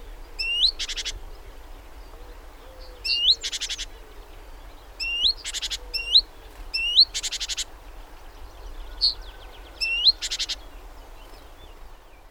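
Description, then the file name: Great tit calling repeatedly, each call a short upslurred whistle, most followed by a harsh buzzy churr, several calls over twelve seconds, with steady low background noise. "Parus major"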